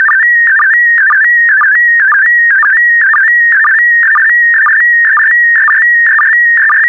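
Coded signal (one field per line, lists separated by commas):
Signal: SSTV (slow-scan television)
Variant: PD120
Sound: steady warbling high tone with short low blips about twice per second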